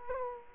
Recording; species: mosquito wingbeat signal from an infrared sensor; Culex quinquefasciatus